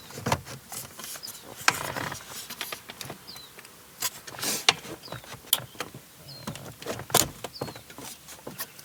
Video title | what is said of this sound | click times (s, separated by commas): Want the Best Highlander Upgrade? Add Apple Carplay / Android Auto with Roadanvi X14! | Okay, now that it's all the way up in there and it clicked in, it's nice and tight up at the top. | 1.7 s, 4.7 s, 5.5 s